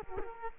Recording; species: mosquito wingbeat signal from an infrared sensor; Culex quinquefasciatus